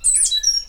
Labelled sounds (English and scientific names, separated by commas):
Stitchbird (Notiomystis cincta) song